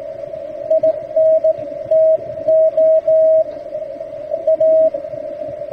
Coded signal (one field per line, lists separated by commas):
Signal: Morse code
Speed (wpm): 18 wpm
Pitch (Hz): 640 Hz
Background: radio noise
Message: INTO A